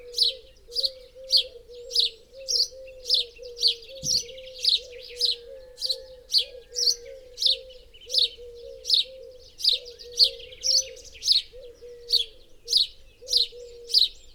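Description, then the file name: House sparrow keeps up monotonous chirping, about two chirps a second, above a steady low wavering tone, with one brief knock. "Passer domesticus"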